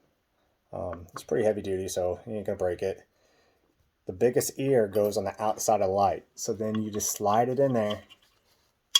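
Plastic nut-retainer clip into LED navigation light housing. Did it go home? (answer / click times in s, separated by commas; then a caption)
yes / 9.0 s. A heavy-duty plastic nut-retainer clip is slid into the housing of a 100 W LED navigation light, biggest ear on the outside, to hold the bolt nuts in place. Someone talks through most of the clip, then a sharp click is heard at 9.0 s as the clip snaps into the housing and seats.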